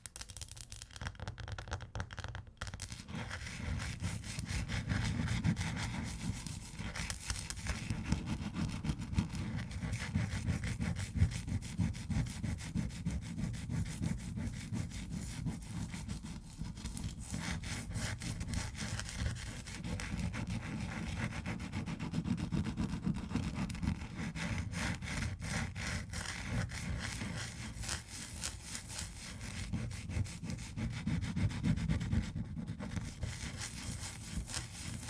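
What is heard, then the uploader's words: Ice is scratched and rubbed in a continuous rasping stroke, steady from start to finish with a dense, gritty low rumble beneath a thinner hiss above. Fine vertical streaks show quick repeated scrapes, with a brief pause near the start and a few sharper taps scattered through. ASMR Ice Tapping & Scratching (No Talking).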